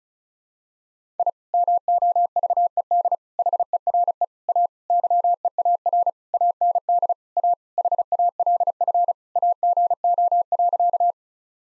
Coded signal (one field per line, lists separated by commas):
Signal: Morse code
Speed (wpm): 36 wpm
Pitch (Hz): 700 Hz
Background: none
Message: I MOVED HERE A YEAR AND A HALF AGO.